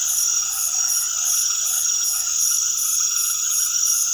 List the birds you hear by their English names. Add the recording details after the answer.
none. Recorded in secondary vegetation near Puerto Asís, Putumayo, Colombia, on 20 February 2024 at 20:30. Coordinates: 0.500, -76.326. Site G6428